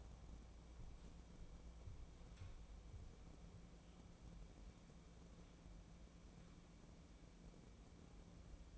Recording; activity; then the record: daily activity, microphone in the room; wipe stove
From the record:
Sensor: 1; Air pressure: 1012.4 hPa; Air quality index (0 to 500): 153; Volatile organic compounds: 2 ppm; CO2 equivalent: 1259 ppm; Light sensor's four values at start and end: 914/1945/925/1056 and 868/1860/879/1006